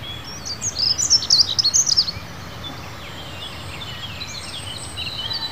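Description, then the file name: Dunnock song: a quick, high, scratchy warble lasting about a second and a half, then fainter thin notes over background noise. "Passera Scopaiola"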